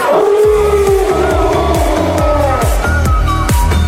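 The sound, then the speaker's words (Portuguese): At the Super Pop Live show in São Miguel do Guamá, a person lets out the traditional long, drawn-out imitation of a roar, a sustained wavering howl that slowly falls in pitch, over a loud, steady pulsing beat. “E como de tradição, tem que ter aquele rugido tradicional.”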